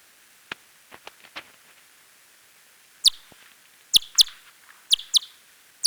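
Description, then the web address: Large-footed myotis echolocation calls: a few faint clicks, then sharp, steeply falling sweeps from very high pitch, in quick pairs and singles over the last three seconds. "Myotis macropus"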